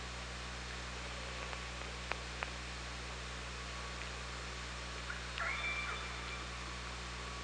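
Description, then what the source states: Orca making a few sharp clicks, then a longer drawn-out tonal call that bends and holds level, set against constant underwater hiss and low hum. Hydrophone at OrcaLab, 24 August 2017, 18:46.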